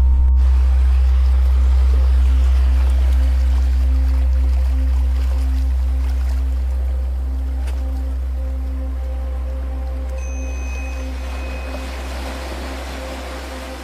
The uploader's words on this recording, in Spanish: MÚSICA para DORMIR Profundamente con OLAS del Mar Relajantes. Una música relajante especialmente diseñada para ayudarte a dormir profundamente, acompañada de hermosos sonidos de olas del mar.